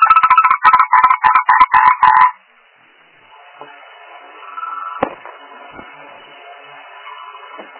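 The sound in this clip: Frog giving a quick series of loud pulsed croaks, then quieter scattered croaking with one sharp click midway.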